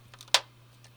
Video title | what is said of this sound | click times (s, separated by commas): Logitech MX Master CURSOR NOT MOVING BUT CLICK IS WORKING | align the top and bottom of the mouse together and push them towards each other until you hear the clicks | 0.3 s